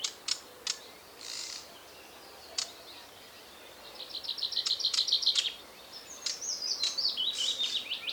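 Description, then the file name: Common chaffinch song: scattered sharp ticks, then two fast trilled phrases of high notes, the second falling in steps. "Fringilla coelebs"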